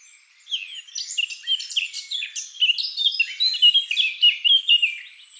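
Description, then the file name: Eurasian blackcap warbling song starting after a brief pause, a busy stream of chattering and fluty notes that swells in volume midway and then eases off. "Sylvia atricapilla"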